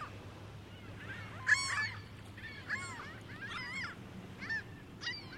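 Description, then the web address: Gulls giving a few scattered harsh cries, roughly a second apart, over a steady low hum. Gulls at Lake Ontario, described as a busy scene. "Big Room Sound Birds Seagulls"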